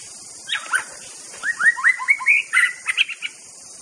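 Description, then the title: White-rumped shama song: a string of clear, rich whistled phrases sliding between low and high notes, delivered in quick bursts over a steady high hiss of insects. Natural song of a wild shama in the forest. "Kicau Asli Murai Batu Hutan"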